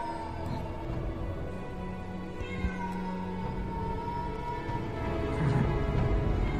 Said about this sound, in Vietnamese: con mèo đen cũng chạy đi xa, chỉ còn lại tiếng của nó kêu văng vẳng trong màn đêm ghê rợn.